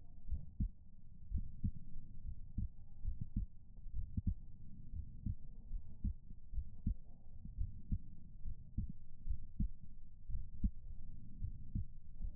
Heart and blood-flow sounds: heart sounds by stethoscope; pulmonary valve (PV); 71 bpm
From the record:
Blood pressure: 124/77 mmHg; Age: 22 years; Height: 157 cm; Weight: 87 kg

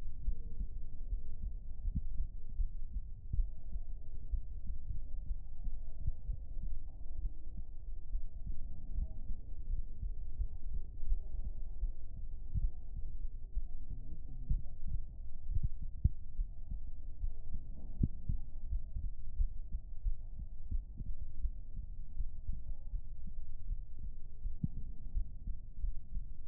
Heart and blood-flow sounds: heart sounds by stethoscope; pulmonary valve (PV); 65 bpm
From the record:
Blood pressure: 106/76 mmHg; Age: 28 years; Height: 165 cm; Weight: 68 kg

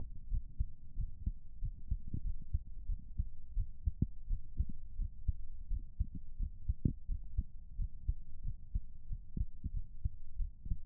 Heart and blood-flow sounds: heart sounds by stethoscope; pulmonary valve (PV); 93 bpm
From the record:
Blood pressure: 136/94 mmHg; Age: 34 years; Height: 164 cm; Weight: 64 kg

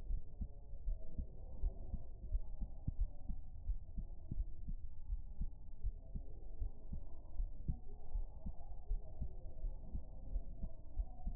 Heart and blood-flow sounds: heart sounds by stethoscope; pulmonary valve (PV); 76 bpm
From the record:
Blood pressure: 110/66 mmHg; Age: 22 years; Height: 167 cm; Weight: 51 kg

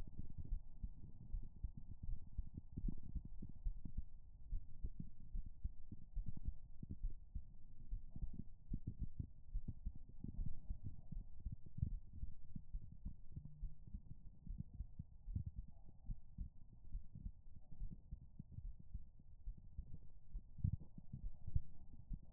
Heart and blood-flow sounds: heart sounds by stethoscope; pulmonary valve (PV); 72 bpm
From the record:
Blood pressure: 101/57 mmHg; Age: 28 years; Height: 164 cm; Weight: 64 kg

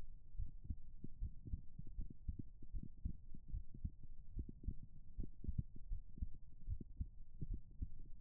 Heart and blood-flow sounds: heart sounds by stethoscope; pulmonary valve (PV); 73 bpm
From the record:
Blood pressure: 125/82 mmHg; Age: 25 years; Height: 166 cm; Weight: 58 kg

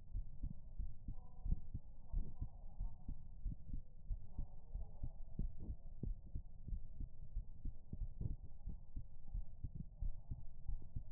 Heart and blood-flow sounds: heart sounds by stethoscope; pulmonary valve (PV); 91 bpm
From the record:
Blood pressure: 105/74 mmHg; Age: 27 years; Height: 156 cm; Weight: 62 kg

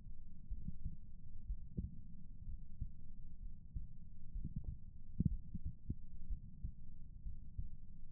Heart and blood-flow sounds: heart sounds by stethoscope; pulmonary valve (PV); 60 bpm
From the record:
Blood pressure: 115/73 mmHg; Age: 34 years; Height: 163 cm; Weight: 62 kg

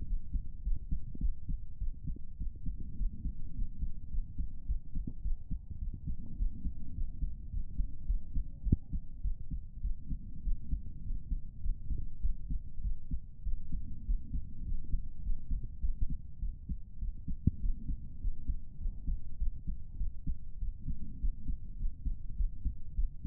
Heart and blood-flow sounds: heart sounds by stethoscope; pulmonary valve (PV); 103 bpm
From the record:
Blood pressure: 107/72 mmHg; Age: 23 years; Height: 163 cm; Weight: 47 kg

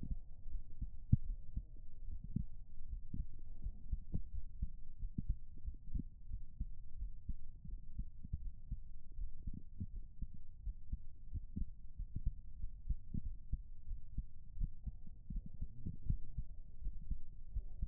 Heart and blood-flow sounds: heart sounds by stethoscope; pulmonary valve (PV); 83 bpm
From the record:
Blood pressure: 117/70 mmHg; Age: 33 years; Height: 165 cm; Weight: 65 kg

